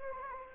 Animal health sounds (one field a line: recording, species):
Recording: mosquito wingbeat signal from an infrared sensor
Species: Anopheles gambiae